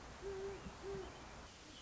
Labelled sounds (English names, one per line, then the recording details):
Great Horned Owl
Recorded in Sonoma County, California